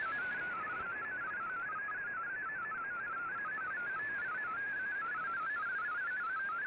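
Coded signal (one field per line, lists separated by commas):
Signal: multi-tone FSK (Olivia or MFSK type)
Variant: MFSK32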